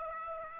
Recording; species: mosquito wingbeat signal from an infrared sensor; Aedes aegypti